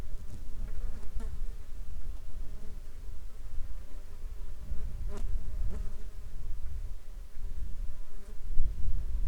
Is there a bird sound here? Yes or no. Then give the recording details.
no. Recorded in the Arctic National Wildlife Refuge, Alaska, on 21 July 2021 at 09:21. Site 33